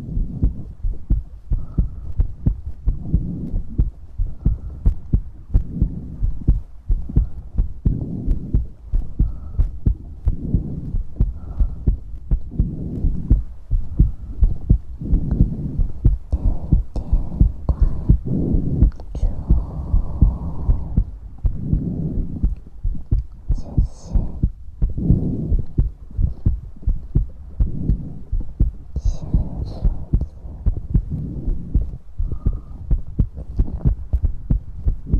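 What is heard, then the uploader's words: Wet mouth sounds: a dense stream of soft clicks and smacks over a low, muffled thumping that pulses steadily throughout. Around twenty seconds a breathy rush rises briefly, and a few faint higher squeaks surface near the twenty-four and twenty-nine second marks. Tingly Mouth Sound Triggers.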